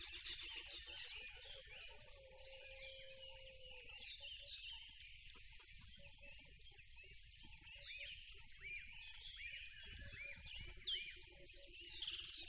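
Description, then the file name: Crickets drone steadily at high pitch with repeated rising-falling bird whistles, short knocking notes and a brief humming tone early on. Loud crickets by a tropical river. "smartsound ATMO NATURE Tropical River Loud Crickets"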